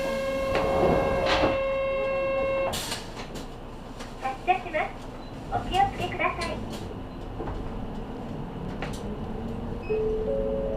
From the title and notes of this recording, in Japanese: 西肥バス 弓張岳展望台→佐世保駅。続々と佐世保市内に向かう人が乗ってきます。